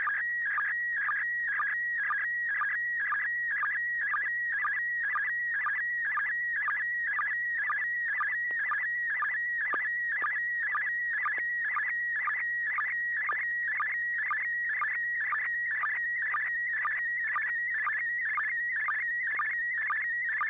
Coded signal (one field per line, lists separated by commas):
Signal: SSTV (slow-scan television)